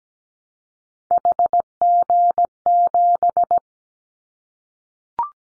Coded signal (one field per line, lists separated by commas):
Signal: Morse code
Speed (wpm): 17 wpm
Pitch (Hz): 700 Hz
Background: none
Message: HG7